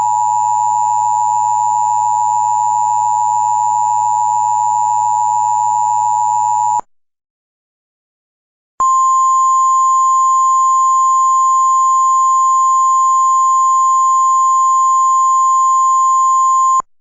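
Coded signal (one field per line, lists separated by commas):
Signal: Emergency Alert System (SAME) tones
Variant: 853 and 960 Hz attention tone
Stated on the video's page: Mock (simulated) flash flood emergency alert.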